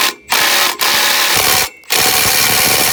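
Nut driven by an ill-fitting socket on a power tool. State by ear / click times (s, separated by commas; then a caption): stripped / 0.3 s. A power tool drives a 14 mm socket that is not quite the right size on a metal nut, with a loud broadband whirring burst starting at 0.3 s and running in spurts with brief pauses. The socket spins on the nut, rounding it off until it is stripped.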